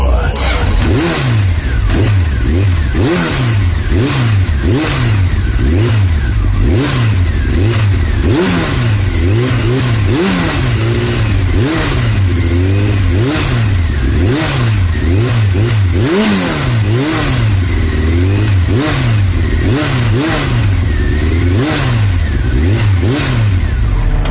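A car engine revs hard over and over, its pitch climbing in quick repeated surges roughly every second, loud and unbroken for the whole stretch with a rough, clattering edge.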